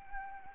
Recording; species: mosquito wingbeat signal from an infrared sensor; Anopheles arabiensis